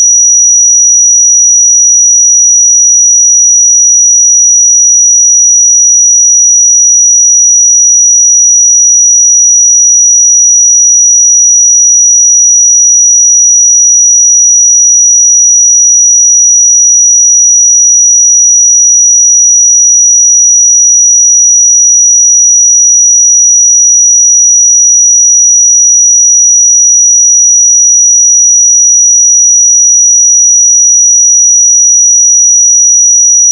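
A pure sine tone at 5821 Hz holds perfectly steady for the whole 34 seconds, thin and piercingly high. Its loudness never wavers, with no pulsing, breaks or other sounds around it, only silence beneath the single whistle-like pitch.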